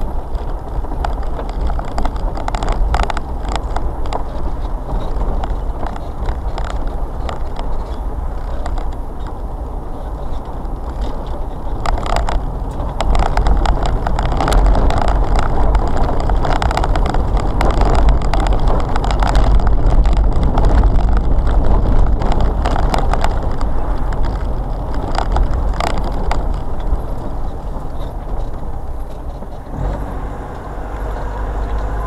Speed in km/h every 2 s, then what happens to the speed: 24, 29, 29, 29, 29, 31, 32, 34, 35, 35, 35, 31, 29, 27, 18, 18.
0-9 steady at about 29. 9-16 speeds up to 35. 20-28 slows to 18.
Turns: 25-32.